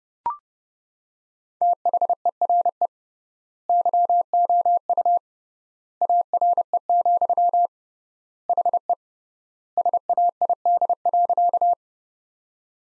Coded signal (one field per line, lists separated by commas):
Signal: Morse code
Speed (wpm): 31 wpm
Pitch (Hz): 700 Hz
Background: none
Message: THERE YOU ARE, HE SAID.